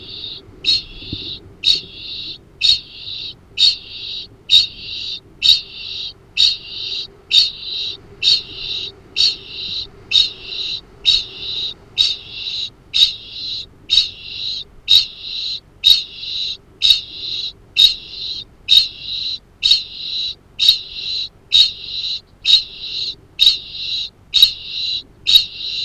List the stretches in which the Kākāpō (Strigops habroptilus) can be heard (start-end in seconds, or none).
0.00-25.85